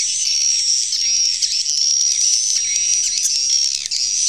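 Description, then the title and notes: Swiftlets giving a steady, unbroken high twittering chorus with faint wavering whistles and scattered chirps. Used in swiftlet farming in Asia. "Swiflet Bird Sound. Farming Swiflet Bird asia sound"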